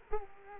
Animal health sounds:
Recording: mosquito wingbeat signal from an infrared sensor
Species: Culex quinquefasciatus

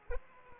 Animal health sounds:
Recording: mosquito wingbeat signal from an infrared sensor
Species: Aedes aegypti

